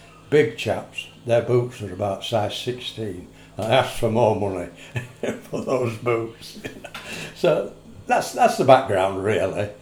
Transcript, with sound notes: Big chaps, their boots were about size 16. I asked for more money (laughs) but those boots! So, so that’s the background really.